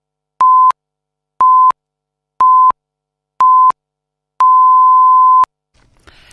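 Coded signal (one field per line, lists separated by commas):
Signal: radio time signal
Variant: time pips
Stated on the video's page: Radio time signal on BH Radio 1 (Bosnia and Herzegovina) at midnight, between the national anthem and the news.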